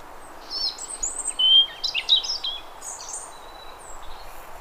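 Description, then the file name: European robin song: a rapid, high, thin warbling phrase of tinkling trills and sliding notes, over a steady background hiss. "Erithacus rubecula"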